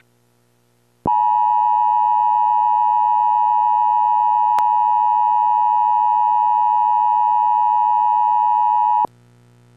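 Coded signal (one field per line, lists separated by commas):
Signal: Emergency Alert System (SAME) tones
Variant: 853 and 960 Hz attention tone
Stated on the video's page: Severe thunderstorm warning from the National Weather Service in Hastings for south central Nebraska.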